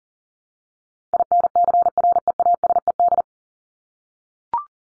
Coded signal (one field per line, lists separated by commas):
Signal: Morse code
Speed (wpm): 40 wpm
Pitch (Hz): 700 Hz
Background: none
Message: INCREASED